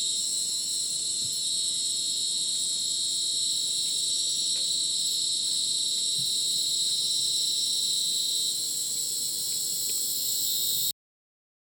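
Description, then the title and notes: Crickets chirping in a dense, shrill chorus of overlapping high trills that holds steady, then stops abruptly into silence just before the end. Dense rainforest at Ucumari, Madidi National Park, Bolivia, after sunset; very dense insect chorus like a polyrhythmic electronic concert; AT BP4029 microphone, MixPre 6 recorder. "Madidi National Park, Ucumari, Bolivia - Supersonic Crickets in the rainforest. Después del atardecer, un espacio muy denso en medio del bosque. Increíble densidad de insectos"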